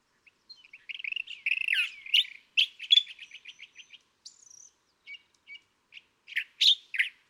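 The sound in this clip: California thrasher song: a varied jumble of harsh chirps, slurred notes and rapid buzzy trills, phrases changing every second or so with short pauses between.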